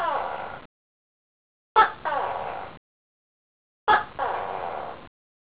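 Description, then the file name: Gecko giving three harsh, croaking calls, the last two starting with a sharp click-like attack, each lasting up to about a second, separated by silent gaps of roughly one second. "Gekko"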